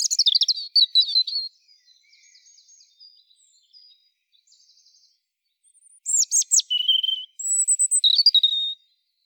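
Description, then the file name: European robin song: a thin twittering phrase, soft faint notes during a pause, then a brighter burst of high whistles and trilled notes. "Erithacus rubecula"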